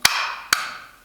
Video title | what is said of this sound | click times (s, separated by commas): Make your own Frustration Rummy game board | a nice click satisfying click knowing that uh they're good in there | 0.0 s, 0.5 s